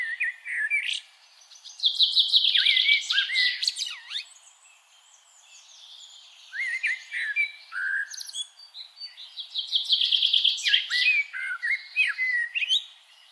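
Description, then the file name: Common blackbird sings several phrases of soft mellow whistles and loud, rapid, squeaky twitters, with quiet gaps between. "Turdus merula"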